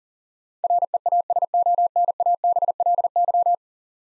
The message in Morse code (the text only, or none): REASONABLY